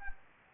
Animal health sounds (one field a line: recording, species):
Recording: mosquito wingbeat signal from an infrared sensor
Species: Anopheles gambiae